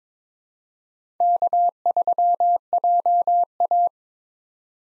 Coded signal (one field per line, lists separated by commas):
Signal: Morse code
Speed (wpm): 21 wpm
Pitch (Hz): 700 Hz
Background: none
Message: K3JA